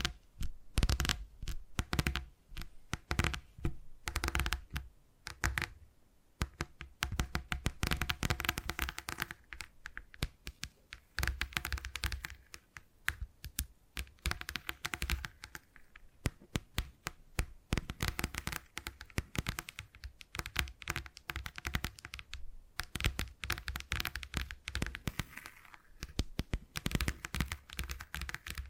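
Tingly tapping sounds run almost without pause for the whole stretch, quick irregular clusters of sharp clicks and taps with occasional brief gaps. The taps are crisp and bright, with some dull low thumps mixed in, and bursts grow denser around ten and twenty seconds.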